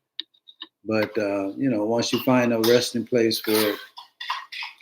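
A snap-fit plastic part is pulled back out of its socket on a finished plastic scale model B-25 Mitchell bomber, releasing with a sharp tick at 0.2 s. A few faint small ticks follow before someone talks.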